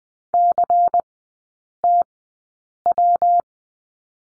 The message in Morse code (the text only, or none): CTW